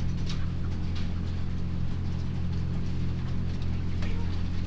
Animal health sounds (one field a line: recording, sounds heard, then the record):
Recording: poultry house recording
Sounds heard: sick chickens (respiratory disease)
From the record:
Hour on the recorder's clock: 19